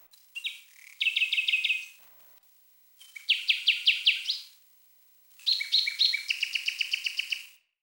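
Common nightingale singing three loud phrases, each a fast run of repeated sharp whistled notes, rich and rhythmic, separated by brief silent pauses.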